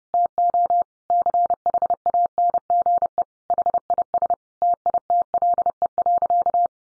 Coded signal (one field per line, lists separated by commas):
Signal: Morse code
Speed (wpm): 30 wpm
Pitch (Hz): 700 Hz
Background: none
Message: TO CHANGE HIS TITLE.